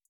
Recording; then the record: hydrophone in a shrimp aquaculture tank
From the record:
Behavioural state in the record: feeding